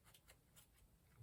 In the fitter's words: Hear a click, there we go.